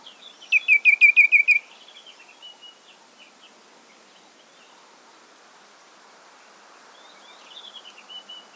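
Ashy tit uttering a single quick burst of harsh chattering notes, followed by several seconds of quiet with faint, thin bird notes in the background.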